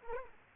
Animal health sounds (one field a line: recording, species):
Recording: mosquito wingbeat signal from an infrared sensor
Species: Culex quinquefasciatus